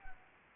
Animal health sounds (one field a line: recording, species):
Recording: mosquito wingbeat signal from an infrared sensor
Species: Anopheles gambiae